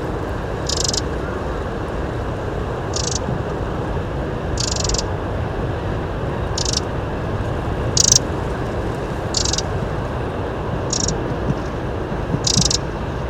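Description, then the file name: Eurasian wren calls: eight short dry rasping bursts spaced unevenly, set against a constant deep background rumble. "Troglodytes troglodytes"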